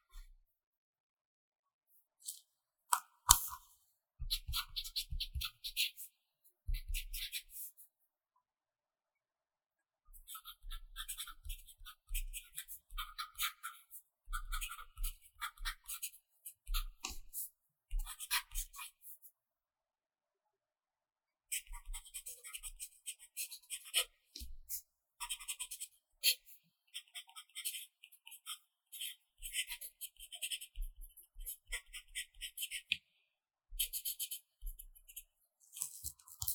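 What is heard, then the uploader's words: A pencil scratches across paper in bright bursts of strokes, pausing briefly between words, with a longer quiet gap around twenty seconds. 寫字聊天 | 書寫聲 | Pencil Writing Sound for Relax | No Talking.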